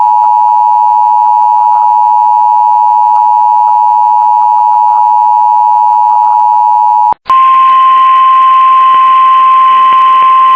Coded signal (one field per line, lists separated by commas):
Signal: Emergency Alert System (SAME) tones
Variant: 853 and 960 Hz attention tone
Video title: EAS recreation: ok